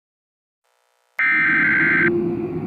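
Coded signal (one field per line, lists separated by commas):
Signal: Emergency Alert System (SAME) tones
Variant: header bursts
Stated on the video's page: Fictional EAS scenario, not a real alert.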